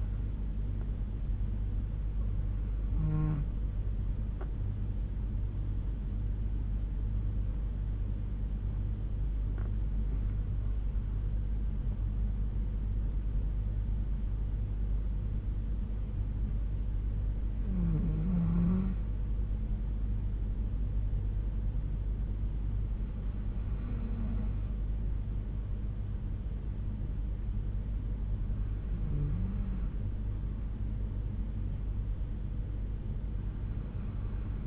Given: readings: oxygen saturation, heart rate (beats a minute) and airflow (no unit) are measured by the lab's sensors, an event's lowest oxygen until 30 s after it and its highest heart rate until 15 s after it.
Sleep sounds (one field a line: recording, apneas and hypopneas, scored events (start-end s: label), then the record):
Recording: breathing in sleep by a smartphone at the bedside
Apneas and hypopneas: none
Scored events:
none scored
From the record:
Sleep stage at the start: N2 (light sleep)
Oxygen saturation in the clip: 91 to 95%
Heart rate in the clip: 60 to 77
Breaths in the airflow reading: 6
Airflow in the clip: -5.7 to 5.9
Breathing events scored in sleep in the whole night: 368 in 8.0 hours asleep